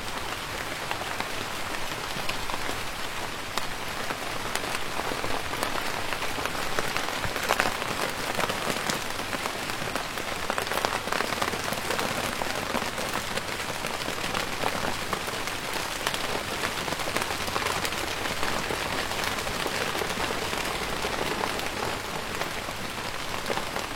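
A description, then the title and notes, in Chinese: Heavy rain pours steadily over a dense forest ravine, a thick, bright hiss of countless drops spattering surfaces with no pauses or letup. 溪谷密林、暴雨如注。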